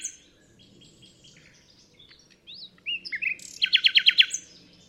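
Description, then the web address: Common nightingale song, opening with thin high notes and soft chirps, then rising whistled slurs leading into a loud, pulsing rapid trill at the end. "chant didier collin rossignol philomele"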